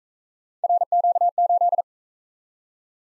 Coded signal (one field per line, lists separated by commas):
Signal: Morse code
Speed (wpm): 42 wpm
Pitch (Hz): 700 Hz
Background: none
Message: RQ8